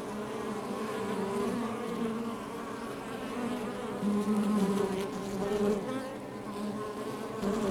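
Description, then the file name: Honey bees buzzing as a dense, steady hum with a low drone and overlapping wingbeat tones that swell slightly midway. Outside the hive. "Ruche Exterieur"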